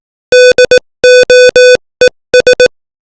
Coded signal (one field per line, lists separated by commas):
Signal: Morse code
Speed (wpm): 18 wpm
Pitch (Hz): 500 Hz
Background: none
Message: DOES